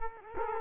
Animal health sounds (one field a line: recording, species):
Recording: mosquito wingbeat signal from an infrared sensor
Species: Culex quinquefasciatus